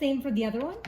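Someone talks while handling the two-piece plastic mopping component of a Yeedi Vac 2 Pro robot vacuum, about to push it into the vacuum's slots, with a brief, faint handling noise near 0.85 s. Nothing has seated or clicked yet; the attachment is not yet home.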